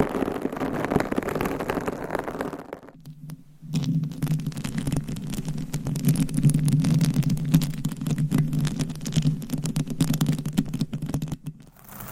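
Microphone scratching and rubbing, a dense rough rustle up to about three seconds, a brief drop, then a steady low muffled rumbling scrape.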